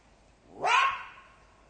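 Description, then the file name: Jackal producing a lone sharp yelp with a fading, wailing tail. "zvuki shakala"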